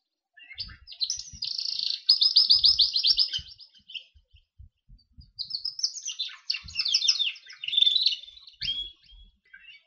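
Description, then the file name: Berner canary singing two long bursts of rapid rolling trills and chirps, separated by a short pause, with faint low knocks in the background. "kenari berner omkicau"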